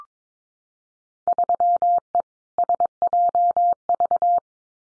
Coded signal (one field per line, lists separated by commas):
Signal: Morse code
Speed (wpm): 22 wpm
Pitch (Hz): 700 Hz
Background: none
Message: 3E SJV